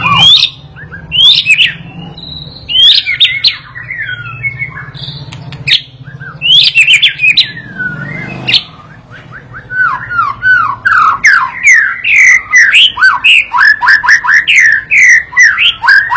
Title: MURAI BATU PAUD BELAJAR GACOR, AJARI DENGAN MASTERAN PANCINGAN INI, PANCING LANGSUNG NYAUT